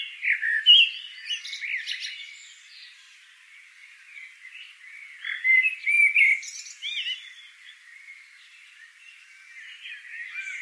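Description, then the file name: Eurasian blackbird with a loud squawky burst at the start, then quieter scratchy chatter and a second louder burst midway. "Turdus merula"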